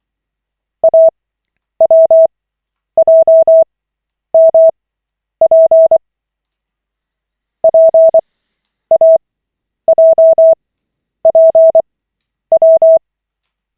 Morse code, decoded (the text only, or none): AWJMP PAJPW